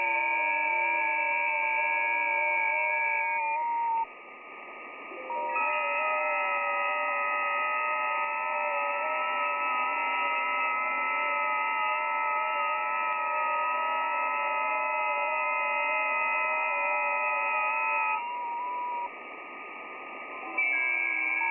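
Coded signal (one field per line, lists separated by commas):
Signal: FT8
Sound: several soft overlapping warbling tones, pausing briefly, then a roughly thirteen-second chorus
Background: radio static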